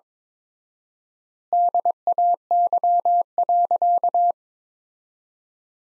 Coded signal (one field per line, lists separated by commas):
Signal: Morse code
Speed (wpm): 22 wpm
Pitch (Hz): 700 Hz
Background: none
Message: DAY.